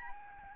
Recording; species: mosquito wingbeat signal from an infrared sensor; Aedes albopictus